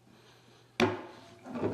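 A 3D-printed flexible TPU replacement foot is pressed onto the wire of a kitchen sink grate, going on harder than the original because its opening is tighter. It seats with a loud, sharp snap at 0.8 s, clicking into place the same way the original does, followed by a brief rustle of handling near the end.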